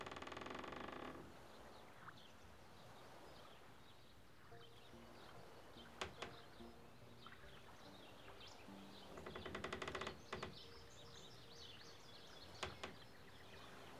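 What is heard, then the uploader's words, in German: At the edge of a Canadian lake, a low steady murmur fills the background while scattered bird chirps and tweets come and go. A loud rustling burst opens the first second, sharp clicks strike near six and thirteen seconds, and a rapid rattling flurry arrives around ten seconds. Am Rande eines kanadischen Sees.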